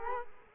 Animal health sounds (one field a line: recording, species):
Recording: mosquito wingbeat signal from an infrared sensor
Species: Culex quinquefasciatus